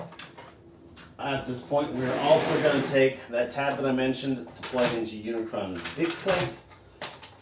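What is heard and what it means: A plastic tab on a transforming toy figure is being handled and lined up to plug into its socket while someone talks throughout. Only faint handling noises are heard under the talk. Nothing has seated or clicked yet.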